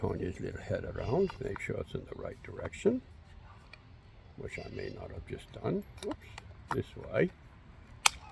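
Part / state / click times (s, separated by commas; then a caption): end cap or head piece going onto a CO2 BB pistol / seated / 8.1 s. Someone talks while turning the small head of the end piece on an HFC Pirate Flintlock CO2 BB pistol to the correct direction and wiggling it. A single sharp, loud click at 8.1 s marks the end cap seating into place.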